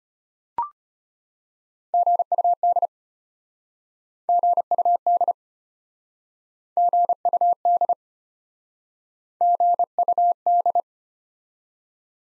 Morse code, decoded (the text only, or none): GUD GUD GUD GUD